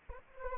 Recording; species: mosquito wingbeat signal from an infrared sensor; Anopheles arabiensis